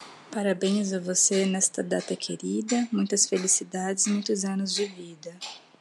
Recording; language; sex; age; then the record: short text; Brazilian Portuguese; female; 30 to 39 years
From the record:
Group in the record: control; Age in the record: 32 years